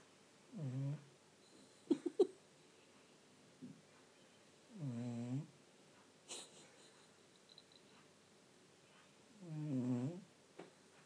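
Three slow, rumbling snore breaths about four seconds apart from Trinnie, a sleeping pet cat, sounding like an old man snoring, with faint clicks between.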